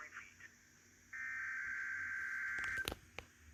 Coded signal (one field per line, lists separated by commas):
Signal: Emergency Alert System (SAME) tones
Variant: header bursts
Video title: Weather Radio EAS #22 Required Weekly Test